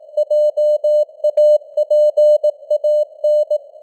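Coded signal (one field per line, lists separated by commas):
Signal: Morse code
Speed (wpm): 19 wpm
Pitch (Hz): 600 Hz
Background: none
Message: JAPAN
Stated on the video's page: Morse news headlines at 18 wpm with simulated radio noise and varying signal strength (QSB).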